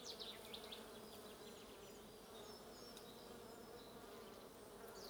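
Bees buzzing in a smooth, continuous drone, with brief high bird chirps at the beginning, middle and end.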